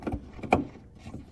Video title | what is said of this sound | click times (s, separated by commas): How to replace change headlight bulbs 2011 to 2020 Grand Caravan VW Routan (EP 204) | Those tabs are grabbing. There you go. | 0.5 s